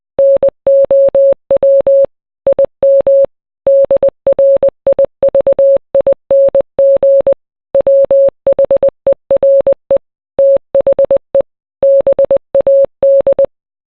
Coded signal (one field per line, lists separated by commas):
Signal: Morse code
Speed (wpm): 20 wpm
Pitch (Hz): 550 Hz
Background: none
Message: NOW IM DRIVING WHERE THE BAD